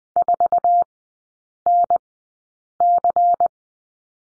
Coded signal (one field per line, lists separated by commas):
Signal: Morse code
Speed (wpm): 20 wpm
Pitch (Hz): 700 Hz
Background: none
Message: 4NC